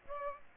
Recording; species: mosquito wingbeat signal from an infrared sensor; Aedes aegypti